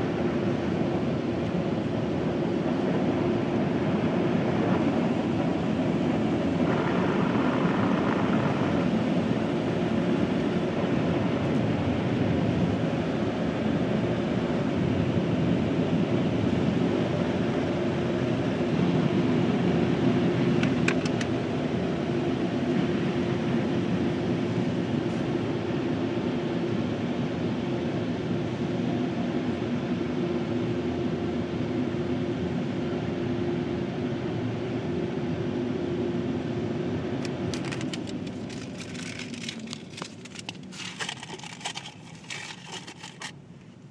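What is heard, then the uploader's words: A car wash runs with a steady, dense low roar and hiss, then thins after about 37 seconds into scattered bright clicks and spatters. Car wash!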